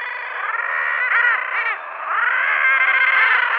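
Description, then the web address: Guillemot calls, a dense chorus of harsh, buzzy growls overlapping continuously, with a brief dip in loudness midway before the calling swells again. "Schulze Peter Guillemot"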